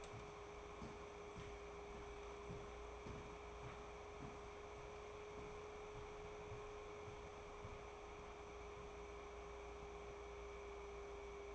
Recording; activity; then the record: daily activity, microphone in the room; walk to room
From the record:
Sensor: 1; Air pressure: 1010.5 hPa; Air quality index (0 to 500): 170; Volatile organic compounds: 12 ppm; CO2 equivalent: 2354 ppm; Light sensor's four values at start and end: 54/140/58/74 and 54/141/59/75